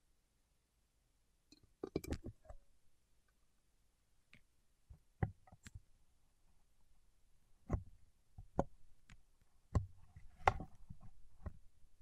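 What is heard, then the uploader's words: Fingertips tap and press on wax, producing sharp, sticky clicks. After a short silence, a quick cluster of taps comes near two seconds, then single clicks follow at irregular intervals every second or so, some with a soft low thud beneath. ASMR with Wax Fingertips for Sleep (No Talking).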